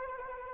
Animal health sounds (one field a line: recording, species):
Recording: mosquito wingbeat signal from an infrared sensor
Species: Anopheles arabiensis